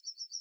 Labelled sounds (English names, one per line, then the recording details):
Yellowhammer song
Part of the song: start
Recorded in the Czech Republic on 7 July 2013
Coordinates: 50.410, 15.800
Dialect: BhBl
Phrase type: C28
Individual 316308